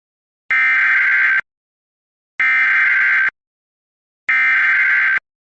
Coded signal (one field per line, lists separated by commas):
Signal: Emergency Alert System (SAME) tones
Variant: header bursts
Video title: EAS Recreation Mock: A wildfire EVI